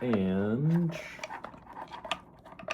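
Someone talks briefly while handling the locking latch on a TG-7 camera's underwater housing, followed by small taps and ticks as the latch is closed. Nothing has snapped shut or clicked yet.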